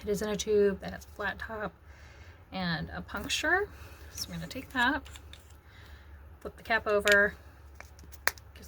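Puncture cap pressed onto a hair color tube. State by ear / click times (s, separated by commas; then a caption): seated / 8.3 s. Someone talks while the flat-top cap of a hair color tube is flipped over and pressed down onto the tube mouth to puncture the seal. After a few faint handling ticks, a sharp click is heard at 8.3 s as the cap seats and punctures the seal.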